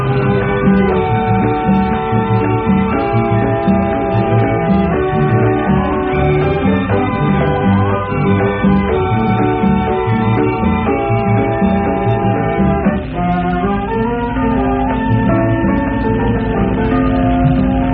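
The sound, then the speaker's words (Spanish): Bronze church bells high in a belfry toll slowly in a dense, ringing wash of overlapping metallic tones that hum and shimmer steadily, loud throughout with no voices, the clang of a fresh strike renewing the resonance partway through. “En lo alto del campanario, los bronces tañían lentamente.”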